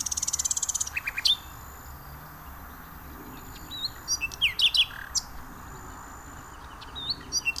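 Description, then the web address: Common nightingale singing varied phrases: a fast rattling burst of repeated notes, then scattered sharp whistles and chirps over a steady low rumble. "venezia guida. usignolo"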